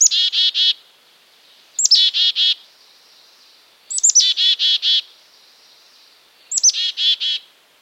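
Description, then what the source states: Black-capped Chickadee giving its chick-a-dee call four times, roughly every two seconds, each a high clipped note then three or four buzzy dee notes. Call described as snappy.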